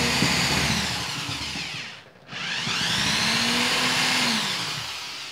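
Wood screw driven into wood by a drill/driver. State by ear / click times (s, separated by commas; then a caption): stripped / none. A 1/4 wood screw is driven into wood by a corded drill/driver pushed to its limit, its motor whining loudly, then winding down to a near stop around 2.1 s before spinning back up and running until the end. The bit cams out and strips the screw head before the screw is fully in, so the screw does not go in and nothing has seated.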